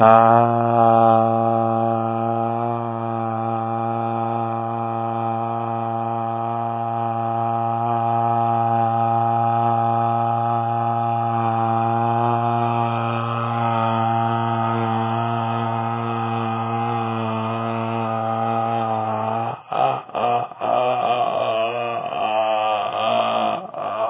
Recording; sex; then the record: sustained vowel /a/; male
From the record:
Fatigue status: no fatigue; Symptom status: symptomatic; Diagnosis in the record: COVID-19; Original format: 3gp